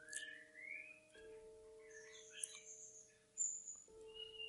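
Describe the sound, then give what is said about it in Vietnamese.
Several pet birds outside chirp and twitter at midday in quick, high-pitched bursts that come and go, layered over a steady low droning hum. No one speaks. “Các bạn thông cảm nhé, đang đọc trưa cho nên là chim bên ngoài nó hót ghê quá, hơi ồn.”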